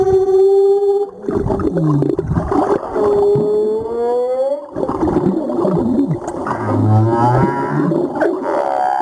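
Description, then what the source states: Humpback whale song with a sustained moan slowly rising in pitch, then low grunts and a wavering upper tone, harmonics stacked above, under continuous watery hiss. Recorded 17 April 2022.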